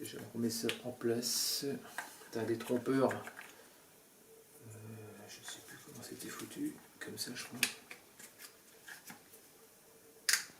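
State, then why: Seated. While reassembling a 2023 BMW S1000 RR near the air filter area, a removed part, possibly the horns, is pushed back into its mounting after someone talks, with quieter handling knocks in between. Two sharp clicks land in quick succession at 10.3 s and 10.3 s as the part clips in and seats.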